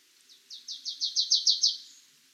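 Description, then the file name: Marsh tit call: a quick series of about eight high, clipped notes, starting softly and building in strength, with nothing else audible. "Poecile palustris"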